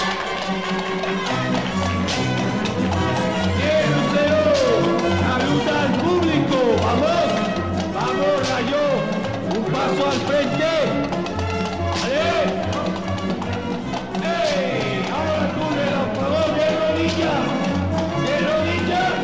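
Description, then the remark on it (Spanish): Trained circus horses, presented as a collection of trained horses in a circus act, trot in a steady, repeating rhythm of hoofbeats that runs throughout, mixed with crowd murmur and bits of voices. “caballeros, tengo el gusto de presentarles a Marco Pierneri y su colección de caballos amaestrados.”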